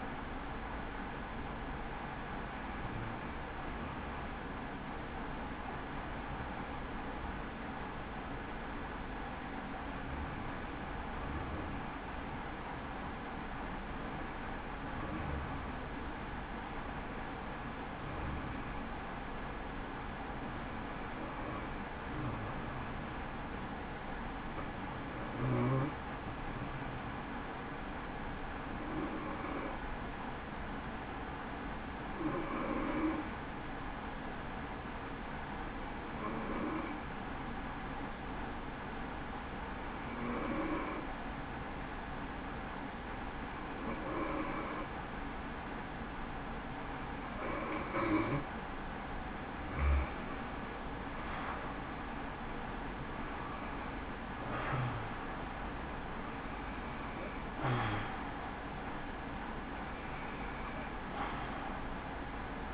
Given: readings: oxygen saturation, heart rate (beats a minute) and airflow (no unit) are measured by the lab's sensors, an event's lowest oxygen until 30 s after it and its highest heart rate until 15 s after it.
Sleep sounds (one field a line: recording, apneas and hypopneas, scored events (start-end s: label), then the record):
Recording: breathing in sleep by a voice recorder at the bedside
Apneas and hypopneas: 1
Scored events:
3.00-49.10 s: hypopnea (N1, oxygen 96% highest, then 85% lowest, heart rate 69 at the start, 83 highest)
14.00-62.74 s: new sleep stage, N2 (light sleep)
From the record:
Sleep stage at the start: N1 (lightest sleep)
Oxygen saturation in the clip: 85 to 96%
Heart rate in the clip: 65 to 83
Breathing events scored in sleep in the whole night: 160 in 9.3 hours asleep